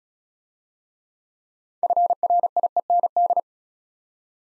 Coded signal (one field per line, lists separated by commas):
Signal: Morse code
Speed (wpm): 34 wpm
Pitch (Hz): 700 Hz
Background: none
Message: FRIEND